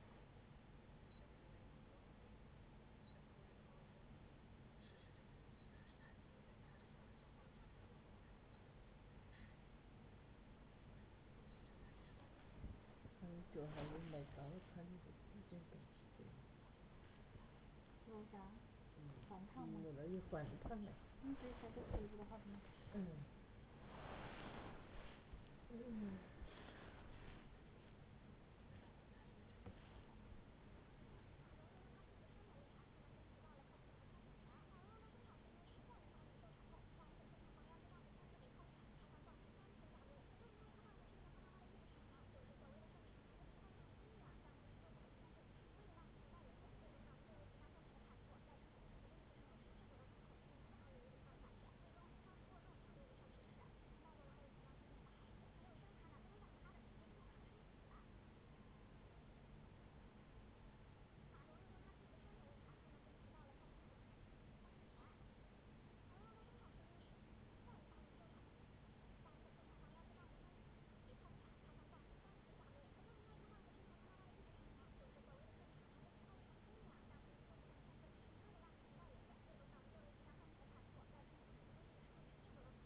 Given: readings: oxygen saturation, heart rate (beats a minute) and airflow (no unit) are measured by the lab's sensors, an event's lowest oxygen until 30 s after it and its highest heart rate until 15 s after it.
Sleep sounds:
a person awake in a sleep study, by a voice recorder at the bedside; none
0.00-82.86 s: awake
0.00-82.86 s: awake
From the record:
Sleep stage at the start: awake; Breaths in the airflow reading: 24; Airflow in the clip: -0.7 to 0.7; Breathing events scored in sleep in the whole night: 496 in 5.4 hours asleep

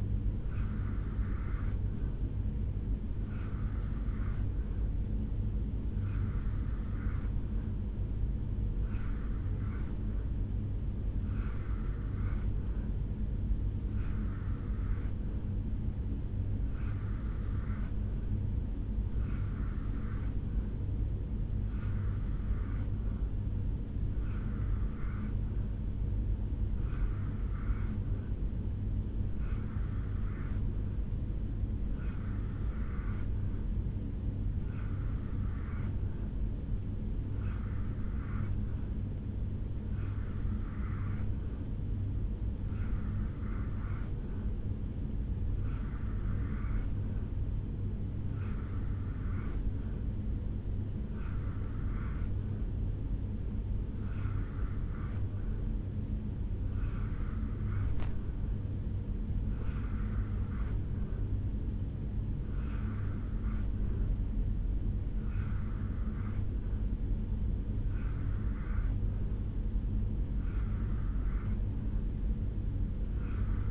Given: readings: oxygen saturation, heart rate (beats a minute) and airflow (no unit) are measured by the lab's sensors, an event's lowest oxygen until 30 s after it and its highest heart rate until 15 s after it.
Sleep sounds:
breathing in sleep by a smartphone at the bedside; none
none scored
From the record:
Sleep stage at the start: N2 (light sleep); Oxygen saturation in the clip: 85 to 86%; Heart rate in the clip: 67 to 72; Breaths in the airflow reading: 22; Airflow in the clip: -3.5 to 1.5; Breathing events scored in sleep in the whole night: 449 in 7.0 hours asleep

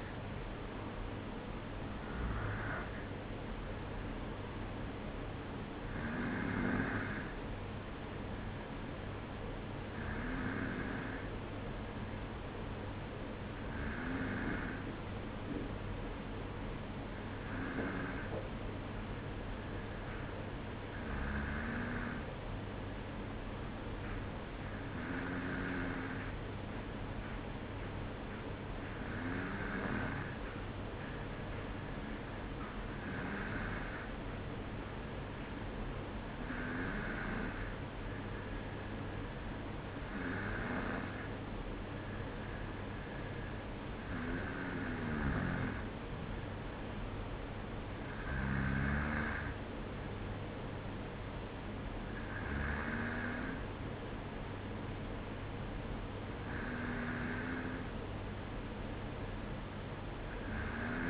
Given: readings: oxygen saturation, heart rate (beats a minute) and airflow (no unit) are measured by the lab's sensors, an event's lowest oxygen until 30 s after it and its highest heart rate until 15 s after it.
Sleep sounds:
breathing in sleep by a voice recorder at the bedside; none
none scored
From the record:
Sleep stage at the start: N2 (light sleep); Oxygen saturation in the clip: 94 to 95%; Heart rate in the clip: 53 to 56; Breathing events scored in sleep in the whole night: 305 in 9.6 hours asleep

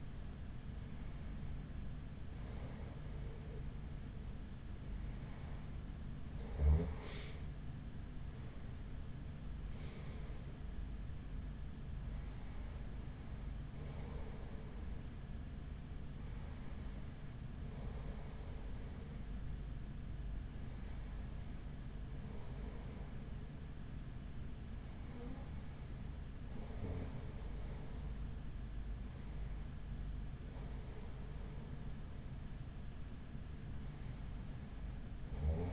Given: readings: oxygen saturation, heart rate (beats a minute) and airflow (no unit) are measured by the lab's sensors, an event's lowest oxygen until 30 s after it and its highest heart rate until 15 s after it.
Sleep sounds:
breathing in sleep by a smartphone at the bedside; none
none scored
From the record:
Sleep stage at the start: REM sleep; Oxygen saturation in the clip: 95 to 96%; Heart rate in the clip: 49 to 62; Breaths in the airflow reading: 8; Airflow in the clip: -5.9 to 6.9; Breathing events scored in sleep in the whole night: 207 in 7.6 hours asleep

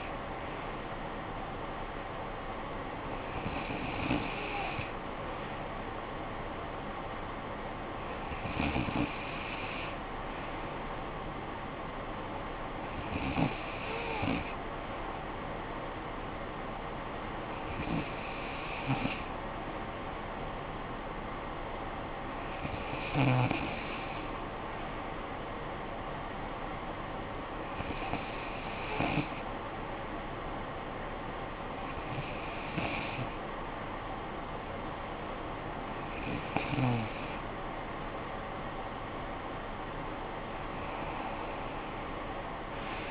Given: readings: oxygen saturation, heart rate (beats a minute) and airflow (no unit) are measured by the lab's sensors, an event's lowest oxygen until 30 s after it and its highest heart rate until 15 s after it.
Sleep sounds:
breathing in sleep by a voice recorder at the bedside; none
32.00-43.11 s: new sleep stage, N1 (lightest sleep)
From the record:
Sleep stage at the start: N2 (light sleep); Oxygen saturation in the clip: 94 to 95%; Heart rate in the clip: 52 to 58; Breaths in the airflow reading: 9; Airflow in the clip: -13.4 to 6.7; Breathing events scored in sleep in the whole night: 445 in 7.6 hours asleep

